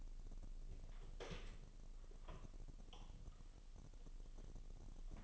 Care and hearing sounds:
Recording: daily activity, microphone in the room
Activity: open door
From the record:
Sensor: 4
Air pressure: 1002.0 hPa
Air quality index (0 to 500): 249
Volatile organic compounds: 42 ppm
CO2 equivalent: 3174 ppm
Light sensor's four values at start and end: 9/21/8/7 and 9/20/8/7

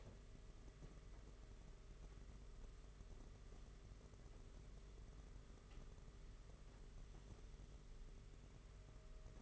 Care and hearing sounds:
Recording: daily activity, microphone in the room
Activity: wipe stove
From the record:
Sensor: 4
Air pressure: 992.2 hPa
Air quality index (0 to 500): 110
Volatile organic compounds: 19 ppm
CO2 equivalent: 2645 ppm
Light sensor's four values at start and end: 22/76/28/30 and 22/76/28/29

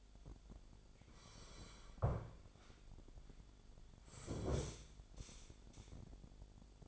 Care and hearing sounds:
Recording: daily activity, microphone in the room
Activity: sit down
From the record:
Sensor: 5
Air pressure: 1008.0 hPa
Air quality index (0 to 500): 153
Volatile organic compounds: 3 ppm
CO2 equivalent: 1472 ppm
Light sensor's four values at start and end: 57/160/62/62 and 57/160/62/62

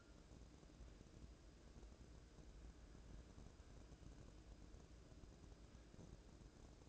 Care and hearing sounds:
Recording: daily activity, microphone in the room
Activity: wipe stove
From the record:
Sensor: 2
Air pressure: 1012.2 hPa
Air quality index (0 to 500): 160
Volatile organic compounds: 2 ppm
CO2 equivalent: 1161 ppm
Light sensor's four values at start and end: 427/1133/421/454 and 429/1137/423/456

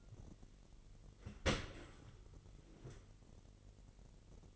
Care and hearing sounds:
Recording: daily activity, microphone in the room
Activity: open dishwasher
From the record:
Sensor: 4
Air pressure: 999.1 hPa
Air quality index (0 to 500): 122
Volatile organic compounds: 2 ppm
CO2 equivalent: 1204 ppm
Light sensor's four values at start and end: 7/18/7/8 and 8/18/7/8

